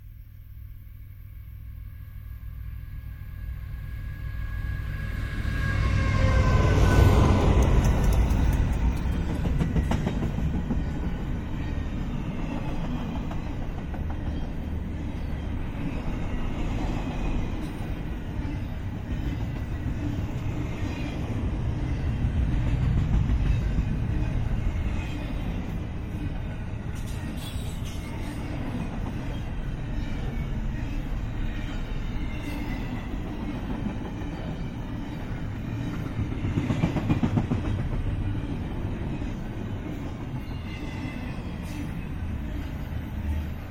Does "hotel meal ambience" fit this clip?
no